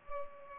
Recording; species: mosquito wingbeat signal from an infrared sensor; Culex pipiens